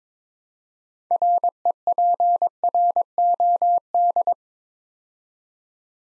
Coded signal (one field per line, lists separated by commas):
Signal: Morse code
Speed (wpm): 22 wpm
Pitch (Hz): 700 Hz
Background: none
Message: REPROD